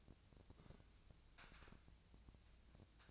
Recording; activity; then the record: daily activity, microphone in the room; take from stove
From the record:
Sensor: 2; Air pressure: 999.8 hPa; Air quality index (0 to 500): 124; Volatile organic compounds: 2 ppm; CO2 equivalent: 1065 ppm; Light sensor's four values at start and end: 35/86/38/43 and 35/86/38/42